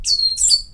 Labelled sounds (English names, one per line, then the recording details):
Stitchbird song
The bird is a male
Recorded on Tiritiri Matangi Island, New Zealand, in 2005
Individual 22, of nest box 31